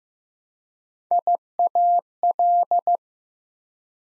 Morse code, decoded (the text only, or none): IAL